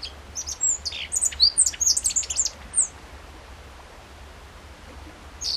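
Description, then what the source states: Godlewski's bunting giving one quick phrase of high, thin, sliding chirps, then near silence with a faint note at the end. Recorded on 14 June 2012.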